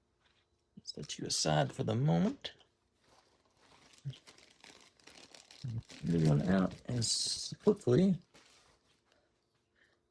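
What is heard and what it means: Someone talks while a new fuel filler cap for an FJ Cruiser's fuel filler neck is taken out of its packaging, with short crinkling and handling sounds around 4.1 to 5.5 seconds. The cap is handled and lined up but not yet screwed on, so nothing has seated or clicked yet.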